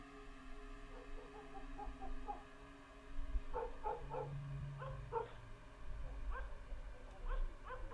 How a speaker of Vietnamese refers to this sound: Chó ở trong thôn bắt đầu gằn lên mà sủa nhấm nha nhấm nhẳng.